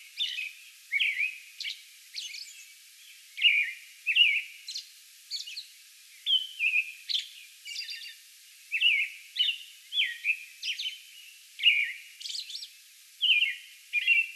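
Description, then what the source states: American robin delivering a steady bout of clear whistled caroling phrases mixed with higher thin notes. Song bout recorded May 11.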